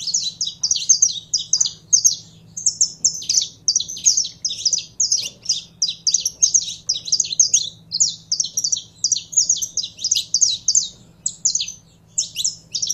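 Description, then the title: Canary singing a long unbroken stream of quick high chirped notes in pulsing rhythmic groups, bright and energetic. Song of a purebred Belgian canary. "Canto Do Canário Belga Puro"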